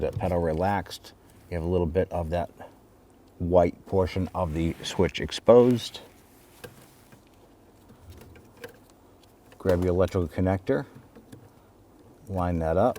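Someone talks while handling the plastic wiring harness electrical connector for the brake light switch on a 2005-2021 Nissan Frontier, with the pedal relaxed and the white portion of the switch exposed. A few light handling taps are heard as the connector is moved toward the switch to line it up. Nothing has seated or clicked yet.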